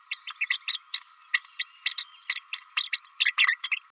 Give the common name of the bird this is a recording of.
Green-rumped Parrotlet